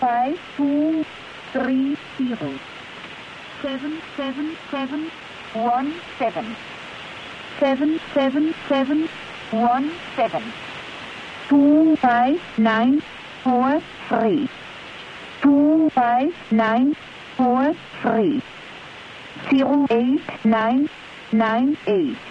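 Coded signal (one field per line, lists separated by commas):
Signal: numbers station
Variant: G16, German female voice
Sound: female voice reading digits in German at a steady pace over constant radio hiss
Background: radio static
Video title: G16 "2 Letter DM" Numbers Station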